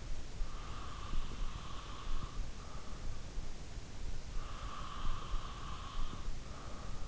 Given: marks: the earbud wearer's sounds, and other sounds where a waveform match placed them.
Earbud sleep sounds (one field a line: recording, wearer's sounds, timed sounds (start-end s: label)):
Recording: sounds in sleep by an in-ear microphone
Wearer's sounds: breath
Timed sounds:
0.23-2.88 s: breath
3.98-7.08 s: breath